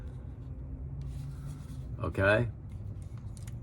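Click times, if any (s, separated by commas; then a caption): 3.4 s. Someone talks, then a Gil Hibben fixed-blade claw knife is pushed into its sheath, which has a belt clip. Small handling noises lead to a short, sharp snap at 3.4 s as the knife seats firmly in the sheath.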